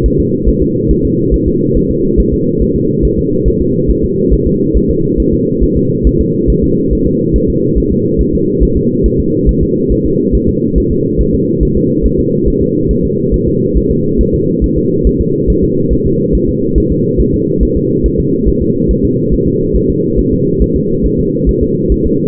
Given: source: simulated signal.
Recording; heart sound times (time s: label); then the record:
fetal heart sounds
0.06 s: S1
0.20 s: S2
0.49 s: S1
0.62 s: S2
0.91 s: S1
1.05 s: S2
1.34 s: S1
1.48 s: S2
1.77 s: S1
1.91 s: S2
2.20 s: S1
2.34 s: S2
2.62 s: S1
2.76 s: S2
3.05 s: S1
3.19 s: S2
3.48 s: S1
3.62 s: S2
3.91 s: S1
4.04 s: S2
4.34 s: S1
4.47 s: S2
4.77 s: S1
4.91 s: S2
5.20 s: S1
5.34 s: S2
5.63 s: S1
5.77 s: S2
6.07 s: S1
6.21 s: S2
6.50 s: S1
6.64 s: S2
6.93 s: S1
7.07 s: S2
7.36 s: S1
7.50 s: S2
7.78 s: S1
7.92 s: S2
8.21 s: S1
8.35 s: S2
8.63 s: S1
8.77 s: S2
9.06 s: S1
9.20 s: S2
9.49 s: S1
9.63 s: S2
9.92 s: S1
10.06 s: S2
10.35 s: S1
10.49 s: S2
10.78 s: S1
10.92 s: S2
11.21 s: S1
11.35 s: S2
11.63 s: S1
11.77 s: S2
12.06 s: S1
12.20 s: S2
12.48 s: S1
12.62 s: S2
12.91 s: S1
13.05 s: S2
13.34 s: S1
13.48 s: S2
13.77 s: S1
13.91 s: S2
14.21 s: S1
14.35 s: S2
14.64 s: S1
14.78 s: S2
15.07 s: S1
15.21 s: S2
15.50 s: S1
15.64 s: S2
15.93 s: S1
16.06 s: S2
16.35 s: S1
16.49 s: S2
16.78 s: S1
16.92 s: S2
17.20 s: S1
17.34 s: S2
17.63 s: S1
17.77 s: S2
18.06 s: S1
18.20 s: S2
18.49 s: S1
18.62 s: S2
18.91 s: S1
19.05 s: S2
19.34 s: S1
19.48 s: S2
19.76 s: S1
19.90 s: S2
20.19 s: S1
20.33 s: S2
20.62 s: S1
20.76 s: S2
21.06 s: S1
21.20 s: S2
21.49 s: S1
21.63 s: S2
21.92 s: S1
22.06 s: S2
From the record:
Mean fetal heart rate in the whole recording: 140 bpm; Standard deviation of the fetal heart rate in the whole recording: 2 bpm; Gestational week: 34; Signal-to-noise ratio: -11.2 dB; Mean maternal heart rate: 72 bpm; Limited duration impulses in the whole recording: present